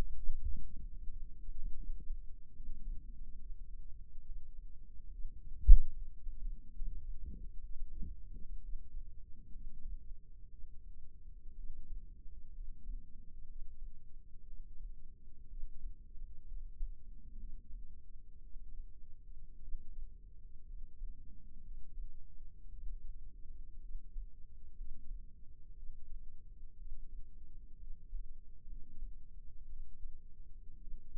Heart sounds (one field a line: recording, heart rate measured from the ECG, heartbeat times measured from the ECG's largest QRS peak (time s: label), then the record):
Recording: heart sounds by microphone in the left ear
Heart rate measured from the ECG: 62 bpm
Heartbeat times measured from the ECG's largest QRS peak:
0.82 s: heartbeat
1.77 s: heartbeat
2.56 s: heartbeat
3.39 s: heartbeat
4.25 s: heartbeat
5.12 s: heartbeat
5.94 s: heartbeat
6.74 s: heartbeat
7.63 s: heartbeat
8.62 s: heartbeat
9.53 s: heartbeat
10.50 s: heartbeat
11.57 s: heartbeat
12.54 s: heartbeat
13.48 s: heartbeat
14.46 s: heartbeat
15.50 s: heartbeat
16.47 s: heartbeat
17.39 s: heartbeat
18.42 s: heartbeat
19.61 s: heartbeat
20.67 s: heartbeat
21.63 s: heartbeat
22.70 s: heartbeat
23.82 s: heartbeat
24.77 s: heartbeat
25.75 s: heartbeat
26.78 s: heartbeat
27.79 s: heartbeat
28.68 s: heartbeat
29.68 s: heartbeat
30.80 s: heartbeat
From the record:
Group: healthy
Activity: rest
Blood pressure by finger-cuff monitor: 96/50 mmHg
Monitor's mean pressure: 65 mmHg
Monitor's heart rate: 62 bpm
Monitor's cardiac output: 6.1 L/min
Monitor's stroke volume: 100 mL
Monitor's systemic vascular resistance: 750 dyn s/cm5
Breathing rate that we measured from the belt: 16 breaths a minute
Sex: male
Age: 22 years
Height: 181 cm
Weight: 79 kg